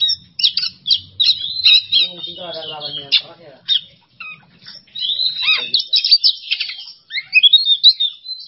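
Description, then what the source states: Oriental magpie-robin singing varied high whistles and quick trills, interrupted midway by a lower, buzzy harmonic chatter, then resuming with rapid mixed phrases. Masteran training recording for songbirds; song style called "bongkar isian", with the bird in an excited ("emosi") state.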